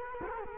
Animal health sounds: mosquito wingbeat signal from an infrared sensor; Culex quinquefasciatus

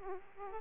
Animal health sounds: mosquito wingbeat signal from an infrared sensor; Aedes aegypti

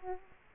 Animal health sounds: mosquito wingbeat signal from an infrared sensor; Aedes aegypti

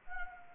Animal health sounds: mosquito wingbeat signal from an infrared sensor; Anopheles gambiae

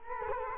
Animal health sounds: mosquito wingbeat signal from an infrared sensor; Culex quinquefasciatus

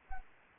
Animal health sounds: mosquito wingbeat signal from an infrared sensor; Anopheles arabiensis

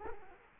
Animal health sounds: mosquito wingbeat signal from an infrared sensor; Culex quinquefasciatus

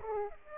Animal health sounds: mosquito wingbeat signal from an infrared sensor; Aedes aegypti

